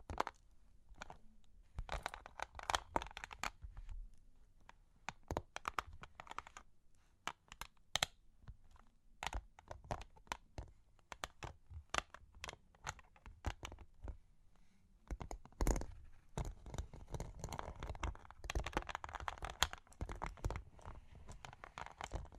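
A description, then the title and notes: Long claws tap and scratch in quick, irregular bursts, each click sharp and bright, with short scraping passes between them. The tapping runs throughout, sparser around five and fourteen seconds, then grows denser and busier after sixteen seconds. Long Claws Tapping and Scratching (No Talking).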